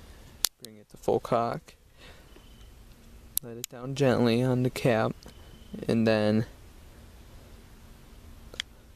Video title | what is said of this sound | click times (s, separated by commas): Shooting the Colt 1851 Navy Revolver | See, hear that click? | 8.6 s